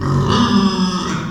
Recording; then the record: squeal of a Yucatan mini pig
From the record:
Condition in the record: after surgery on the right vocal fold (resection and tissue-engineered implant); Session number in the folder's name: 15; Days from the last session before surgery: 175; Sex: female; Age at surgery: 19 weeks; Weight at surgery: 25 kg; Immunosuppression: prednisolone